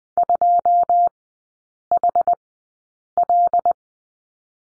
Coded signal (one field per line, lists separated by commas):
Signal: Morse code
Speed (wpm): 20 wpm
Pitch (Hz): 700 Hz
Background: none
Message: 2HL